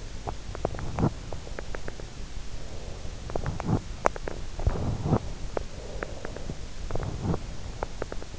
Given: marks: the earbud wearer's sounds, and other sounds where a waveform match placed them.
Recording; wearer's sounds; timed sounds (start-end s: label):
sounds in sleep by an in-ear microphone; teeth grinding, breath
0.23-2.13 s: teeth grinding
2.56-3.31 s: breath
3.36-3.84 s: teeth grinding
3.95-5.28 s: teeth grinding
5.50-5.73 s: teeth grinding
5.73-6.59 s: breath
6.83-7.44 s: teeth grinding
7.68-8.39 s: teeth grinding